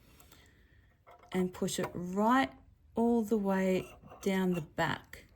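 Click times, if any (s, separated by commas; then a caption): none. On a Singer serger/overlocker, the looper thread is being pushed down behind the needle toward a small thread holder catch while someone talks. A few faint, brief taps are heard early on, but nothing has seated or clicked into the catch yet.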